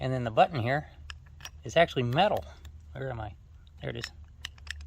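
Someone talks while handling an attachment shaft at the coupling of a 40-volt Dong Cheng string trimmer, noting that the button there is metal. Light clicks and taps are heard near the end at about 4.5 s and 4.7 s. The shaft has not yet been pushed home, so nothing has seated or clicked yet.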